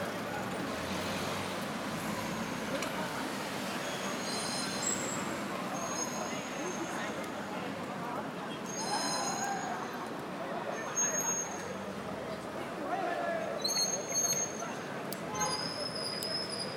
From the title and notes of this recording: Growing Up With Shanghai- Anyuan Lu. This walk starts down Jiang Ning Lu and finally begins at An Yuan Lu toward the middle of the track.